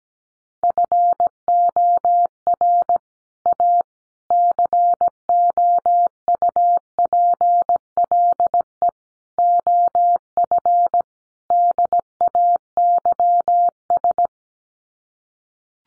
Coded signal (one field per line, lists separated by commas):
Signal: Morse code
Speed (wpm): 17 wpm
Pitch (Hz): 700 Hz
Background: none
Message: FOR A COUPLE OF DAYS